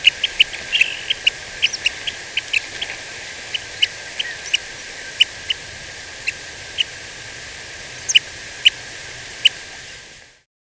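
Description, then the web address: Paramo ground-tyrant uttering scattered short, high, clipped call notes, busier early and sparser later, with a continuous hiss beneath until the sound cuts off near the end. Ecuador, South America. "Birds of Ecuador 3. Paramo Ground-Tyrant"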